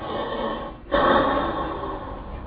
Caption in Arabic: كلمه هارش فيزيكولار بريزنج. دي تسمعها كده لما العيال كده تبقى البروكتر فيه بتاعته كده حلوه وزي الفل. لكن في معظم الاحوال في رمقان.